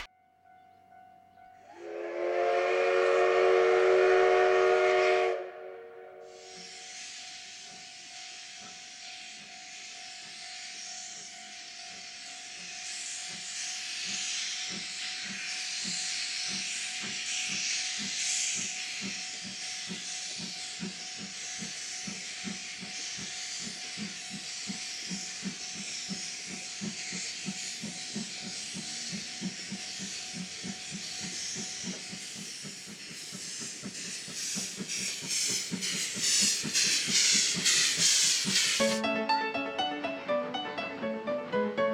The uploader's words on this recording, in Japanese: 真岡鐵道を走る「SLもおか」2005年春の映像です。